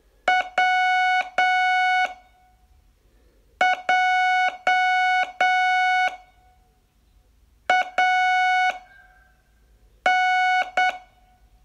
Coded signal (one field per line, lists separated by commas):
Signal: Morse code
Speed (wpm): 7 wpm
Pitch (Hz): 740 Hz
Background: none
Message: W J A N